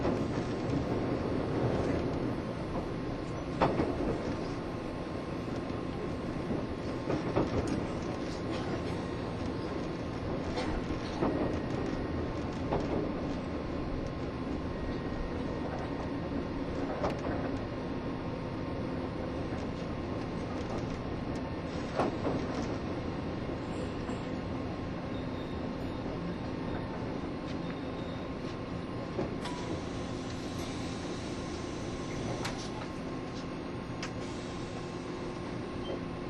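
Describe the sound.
A Taiwan Railways EMU1200 electric train runs at speed with a steady, dense rumble and a constant motor whine underneath. Sharp clacks and thumps from the track come every few seconds, especially around 4, 11, 17 and 22 seconds.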